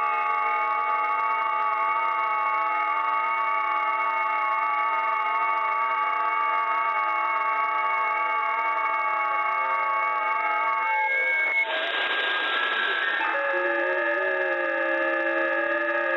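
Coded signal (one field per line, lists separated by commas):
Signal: FT8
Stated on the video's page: FT8 signals received on 28 MHz through a private WebSDR as a shortwave listener.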